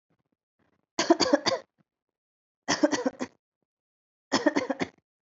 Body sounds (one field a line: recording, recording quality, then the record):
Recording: shallow voluntary cough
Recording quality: excellent, no background noise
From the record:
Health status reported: COVID-19 positive, no symptoms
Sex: female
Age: 23 years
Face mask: worn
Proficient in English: yes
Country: India